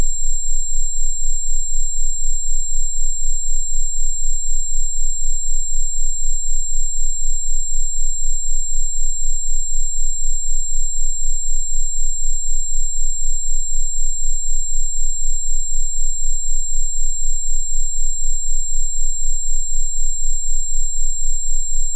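A steady pair of very high sine tones near 15000 and 19000 Hz sounds alongside a deep sub-bass throb from 15 Hz and 19 Hz sine waves. The low tones beat slowly and evenly, while faint fixed tones sit in between, unchanging throughout.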